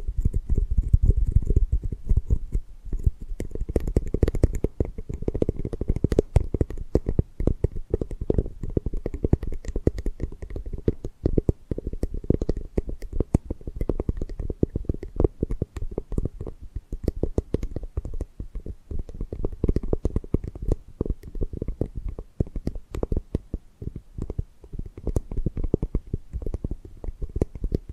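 Tapping and gripping sounds run throughout as a dense, irregular stream of short clicks and taps over a low, muffled rumble. The activity stays busy from start to finish, with slightly heavier, fuller taps early on and a lighter patter in the later half.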